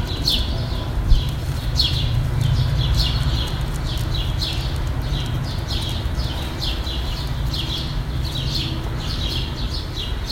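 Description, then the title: Birds chirping in a steady stream of short, sharp notes in quick succession, over a constant low rumble. "Birds Chirping Meditation"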